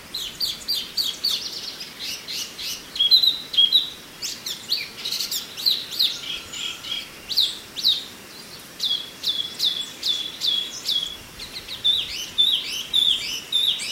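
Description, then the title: Oriental magpie-robin pouring out a fast, continuous sequence of short chirps, sliding whistles and trilled notes in a lively, irregular rhythm. "Kicau Kacer"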